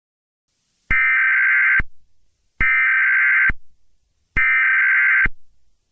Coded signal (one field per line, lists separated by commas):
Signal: Emergency Alert System (SAME) tones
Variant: header bursts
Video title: EAS Scenario: PC Explodes